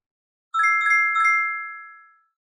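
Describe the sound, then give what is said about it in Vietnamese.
A mobile phone ringtone plays three quick bright chiming notes in a rising pattern, then the last tone rings on and fades out slowly, with no voices. “Đột nhiên tiếng chuông điện thoại di động vang lên.”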